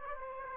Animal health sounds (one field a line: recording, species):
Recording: mosquito wingbeat signal from an infrared sensor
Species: Aedes aegypti